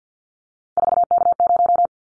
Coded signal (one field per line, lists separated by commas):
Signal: Morse code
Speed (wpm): 50 wpm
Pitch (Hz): 700 Hz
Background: none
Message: 4K0